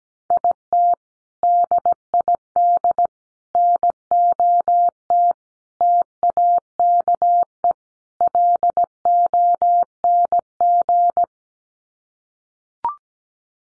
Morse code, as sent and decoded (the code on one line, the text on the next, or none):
.. - / -.. .. -.. / -. --- - / - .- -.- . / .-.. --- -. --.
IT DID NOT TAKE LONG